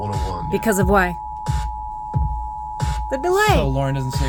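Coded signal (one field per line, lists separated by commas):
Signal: Emergency Alert System (SAME) tones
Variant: 853 and 960 Hz attention tone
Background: speech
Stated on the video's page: National Emergency Alert System test at a radio station.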